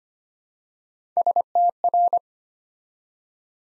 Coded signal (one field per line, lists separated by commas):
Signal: Morse code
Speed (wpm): 25 wpm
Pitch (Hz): 700 Hz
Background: none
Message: STR